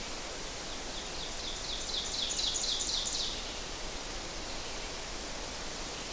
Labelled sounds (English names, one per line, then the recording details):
Ovenbird song
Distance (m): 45 m
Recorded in boreal forest in Alberta, Canada, on 12 June 2016 at 06:48
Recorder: SongMeter 3, array SBT-3-18
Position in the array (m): 246 m, 95 m
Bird 31